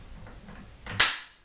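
The firing pin safety ring at the rear of the bolt on a Swiss K31 bolt-action rifle is pulled back and turned to the left like a key. After quiet low handling noise, a single sharp metallic click at 1.0 s marks the ring locking into place. The rifle will then not fire, so it won't go off while being carried in the mountains.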